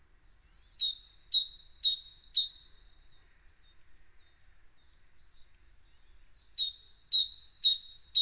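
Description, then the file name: Great tit song: a run of five quick high two-note phrases, a pause of about three seconds, then another similar run of five. "Parus major"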